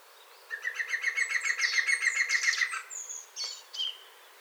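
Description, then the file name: European green woodpecker song: a laughing series of many evenly spaced ringing notes, followed by a few brief high chirps. Song given by a perched bird. "PIC VERT CHANT perche"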